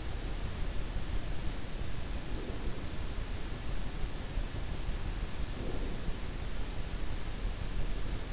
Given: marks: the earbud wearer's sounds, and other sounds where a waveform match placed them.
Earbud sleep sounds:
sounds in sleep by an in-ear microphone; breath
2.23-2.81 s: breath
5.49-5.98 s: breath

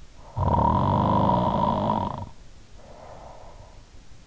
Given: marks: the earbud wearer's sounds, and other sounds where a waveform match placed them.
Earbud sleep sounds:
sounds in sleep by an in-ear microphone; snoring breath
0.23-3.93 s: snoring breath

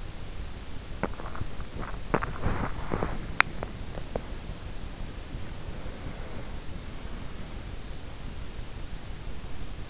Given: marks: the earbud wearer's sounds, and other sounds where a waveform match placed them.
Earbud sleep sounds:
sounds in sleep by an in-ear microphone; body movement, teeth grinding
0.00-4.84 s: body movement
3.04-3.76 s: teeth grinding

